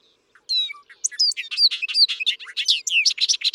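Bobolink song, a quick bubbling jumble of high twangy notes without pause, ending in bright metallic tinkles.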